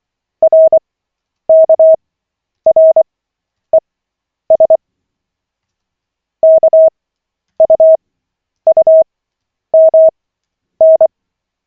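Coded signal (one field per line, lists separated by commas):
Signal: Morse code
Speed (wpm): 24 wpm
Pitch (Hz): 640 Hz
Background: none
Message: RKRES KUUMN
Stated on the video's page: Koch method CW practice session, lesson 6 of 40, on LCWO.net.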